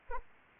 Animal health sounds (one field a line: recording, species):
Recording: mosquito wingbeat signal from an infrared sensor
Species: Anopheles arabiensis